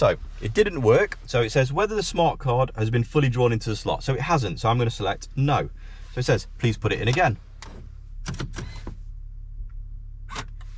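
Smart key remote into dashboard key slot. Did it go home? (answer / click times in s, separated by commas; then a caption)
yes / 8.3 s. A plastic smart key remote for a 2010 Land Rover Freelander is reinserted into the dashboard key slot during spare key programming, after an earlier try where it was not fully drawn in. Someone talks for the first several seconds. The key is then drawn in fully and seats with a click at 8.3 s, followed by a few small clatters.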